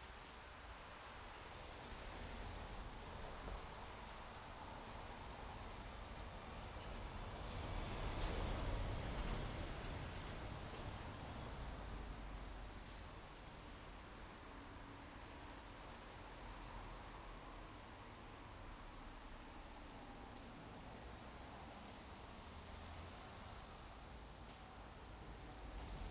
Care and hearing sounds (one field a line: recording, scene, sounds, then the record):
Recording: everyday scene through a hearing-aid microphone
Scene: in traffic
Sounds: traffic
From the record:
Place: main road on the outskirts, rush hour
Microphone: in the ear canal, left